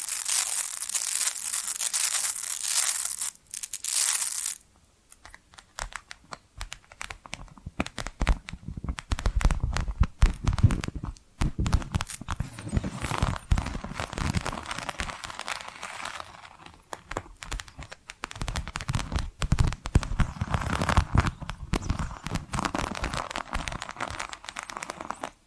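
Tapping and scratching sounds come in dense, uneven bursts of crinkly, crackling texture. A steady bright hiss fills the first four seconds before a brief pause, then irregular scratching and deeper rubbing continue with short gaps near 11 and 17 seconds.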